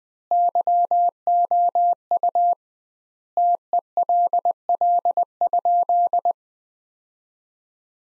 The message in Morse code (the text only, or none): YOU TELL?